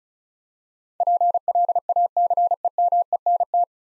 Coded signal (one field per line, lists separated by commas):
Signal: Morse code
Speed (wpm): 36 wpm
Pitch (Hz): 700 Hz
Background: none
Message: PLACEMENT